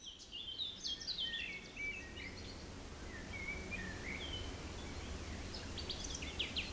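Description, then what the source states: Birds sing soft whistled phrases and scattered high chirps, with a low rush of wind underneath. Forest in spring; windy, force 3 Beaufort; recorded at 1 pm.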